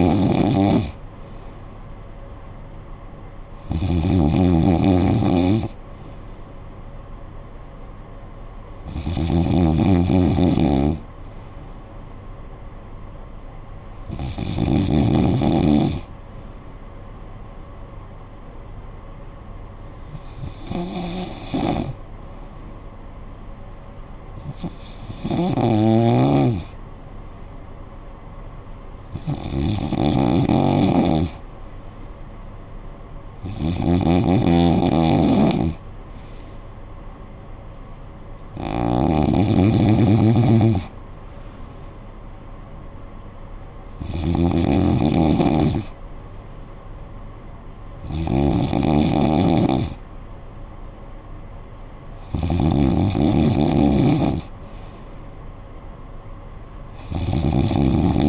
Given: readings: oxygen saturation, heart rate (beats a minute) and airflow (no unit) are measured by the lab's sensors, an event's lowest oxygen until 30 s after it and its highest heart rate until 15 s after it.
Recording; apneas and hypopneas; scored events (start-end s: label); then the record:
breathing in sleep by a smartphone at the bedside; none
none scored
From the record:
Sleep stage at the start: N2 (light sleep); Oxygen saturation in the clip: 92 to 94%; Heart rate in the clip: 54 to 64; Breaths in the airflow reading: 12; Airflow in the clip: -8.9 to 6.0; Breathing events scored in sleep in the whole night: 445 in 7.6 hours asleep